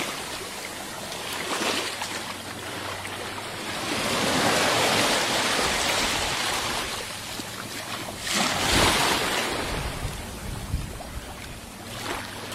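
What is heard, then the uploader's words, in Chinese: Flowing water rushes steadily, a dense hiss of splashing that swells around four to six seconds and again near eight to nine seconds before easing. A low rumble runs underneath, with occasional soft gusts, and no music or birds stand out. 流水聲。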